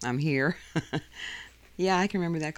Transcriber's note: she laughs